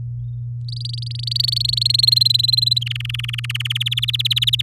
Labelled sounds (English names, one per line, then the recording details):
Domestic Canary song
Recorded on 6 May 2018 at 06:27
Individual llb16